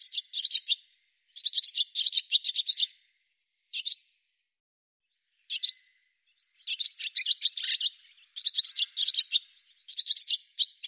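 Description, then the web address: Bird producing rough, fast high chirps in bursts, with a few short isolated notes midway before longer continuous chattering. "cianscape birddata Deverinetal 2025 Bird Hi Ru"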